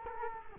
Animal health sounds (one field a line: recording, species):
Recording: mosquito wingbeat signal from an infrared sensor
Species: Culex quinquefasciatus